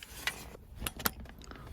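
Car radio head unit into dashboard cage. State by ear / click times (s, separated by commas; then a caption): partly seated / 1.1 s. An aftermarket Apple CarPlay and Android Auto head unit for a Ford Focus or Fiesta is pushed into the dashboard cage as a test fit only, to check that it works before the install is finished. Several short knocks and rattles are heard, with the sharpest knock at 1.1 s as it goes in, but there is no clear lock click. The unit is not fully home.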